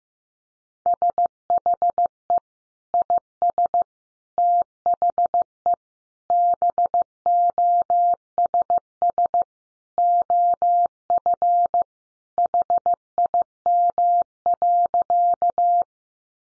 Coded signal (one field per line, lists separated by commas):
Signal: Morse code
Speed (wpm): 15 wpm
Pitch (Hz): 700 Hz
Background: none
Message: SHE IS THE BOSS OF HIM.